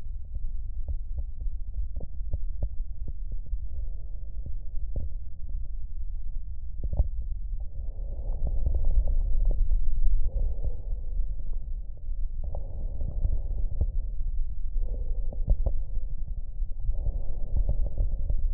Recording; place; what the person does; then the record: lung sounds by stethoscope; right anterior apical chest; quiet breathing, then deep breathing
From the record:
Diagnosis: COPD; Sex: male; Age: 77 years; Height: 172 cm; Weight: 94 kg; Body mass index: 31.8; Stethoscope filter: extended mode